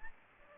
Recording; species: mosquito wingbeat signal from an infrared sensor; Aedes aegypti